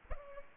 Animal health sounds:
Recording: mosquito wingbeat signal from an infrared sensor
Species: Culex pipiens

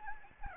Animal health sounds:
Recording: mosquito wingbeat signal from an infrared sensor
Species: Anopheles gambiae

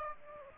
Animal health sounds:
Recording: mosquito wingbeat signal from an infrared sensor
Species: Aedes aegypti

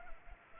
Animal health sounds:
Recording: mosquito wingbeat signal from an infrared sensor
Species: Culex pipiens

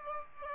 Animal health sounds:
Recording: mosquito wingbeat signal from an infrared sensor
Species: Aedes aegypti

